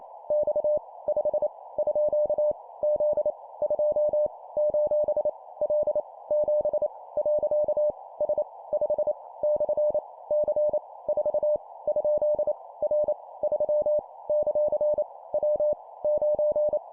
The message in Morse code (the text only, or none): X 5 _ Z 2 : L 7 . S 5 / C 4 ? R 3 ; W 9